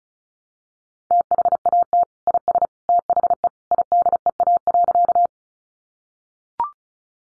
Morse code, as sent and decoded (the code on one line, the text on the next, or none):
- .... .- - / .. ... / - .... . / .. -.. . .- .-.-.-
THAT IS THE IDEA.